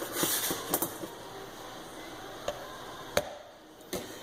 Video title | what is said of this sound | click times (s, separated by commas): N54 LPFP Walbro e85 DIY Fuel Pump Kit Install Part 3 of | You can hear it pops down in place. | 3.2 s